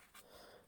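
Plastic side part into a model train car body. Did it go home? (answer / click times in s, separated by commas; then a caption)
no / none. A plastic side part of an Athearn Bluebox maintenance-of-way (MOW) baggage car model railway kit is squeezed into the car body until it should click. Only a brief burst of broadband noise around 0.2 s and low rustling are heard. Nothing has clicked into place yet.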